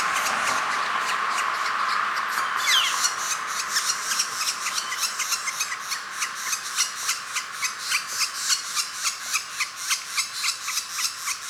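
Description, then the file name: Northern flicker nestling begging: loud rasping at first, then a long run of short, grating pulses about three to four per second. Nestling calling while being fed. "Northern Flicker Nestling Calling and Feeding"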